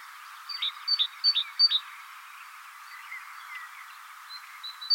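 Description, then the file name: Great tit heard fairly softly, four falling two-note phrases in quick succession, followed by faint scattered chirps. "Parus major"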